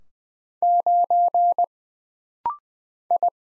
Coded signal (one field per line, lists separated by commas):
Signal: Morse code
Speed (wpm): 20 wpm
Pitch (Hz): 700 Hz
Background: none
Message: 9 I